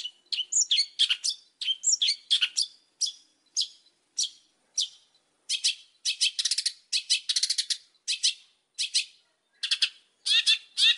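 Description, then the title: Oriental magpie-robin singing a busy run of chirps, trills and scratchy notes, phrases following one after another with only short gaps. Song used as a lure to make other magpie-robins answer; the bird is described as gacor, singing vigorously. "Pancingan Suara Siulan Kacer Gacor Mantap Untuk Memancing Kacer Lain Agar Mau Nyaut Bunyi"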